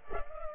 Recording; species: mosquito wingbeat signal from an infrared sensor; Culex pipiens